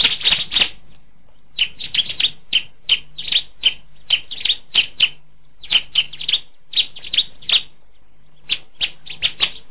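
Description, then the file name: Bar-winged Prinia song: sharp, bright chirping notes in quick bursts, with short pauses between phrases. "ciblek"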